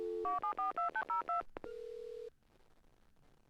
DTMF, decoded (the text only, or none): 74202